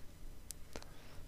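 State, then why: Seated. After a Patriot Warp V2 SSD is installed in a netbook, the plastic back cover plate is pressed back onto the case. A sharp, bright snap at 0.5 s is followed by a couple of softer taps around 0.8 s. The plate seats into place.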